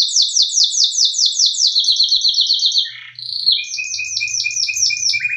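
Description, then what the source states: Canary song opening with a fast run of high falling notes, then sliding into lower pulsed trills and buzzy rolls, with a soft low rumble in the background. Mix of American Singer and Timbrado canary song, made for teaching song to birds.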